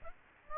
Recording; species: mosquito wingbeat signal from an infrared sensor; Aedes aegypti